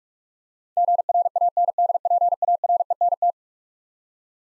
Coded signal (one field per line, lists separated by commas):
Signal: Morse code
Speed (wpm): 46 wpm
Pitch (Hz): 700 Hz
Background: none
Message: GRANDPARENT